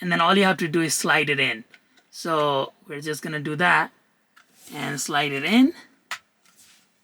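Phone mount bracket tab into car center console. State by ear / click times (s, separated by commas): seated / 6.1 s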